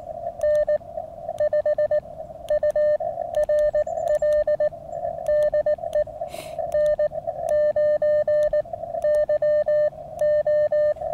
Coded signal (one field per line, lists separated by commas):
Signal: Morse code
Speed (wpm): 19 wpm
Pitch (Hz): 600 Hz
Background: radio noise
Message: N5URL DE N9YO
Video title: elecraft QRP ~ park & wire